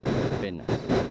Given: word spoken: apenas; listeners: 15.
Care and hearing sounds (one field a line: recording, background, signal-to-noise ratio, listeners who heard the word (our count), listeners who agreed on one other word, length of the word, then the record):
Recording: one Spanish word in noise, from a listening test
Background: noise modulated by one talker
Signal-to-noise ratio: -8.3 dB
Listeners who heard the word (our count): 0 of 15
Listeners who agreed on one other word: 7 of 15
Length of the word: 0.71 s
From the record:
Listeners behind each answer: 7, 4, 2, 1, 1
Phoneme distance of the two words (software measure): 7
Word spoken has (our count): 3 syllables, 6 phonemes, stress on syllable 2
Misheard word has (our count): 2 syllables, 5 phonemes, stress on syllable 1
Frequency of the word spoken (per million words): 160.20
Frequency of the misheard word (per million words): 22.00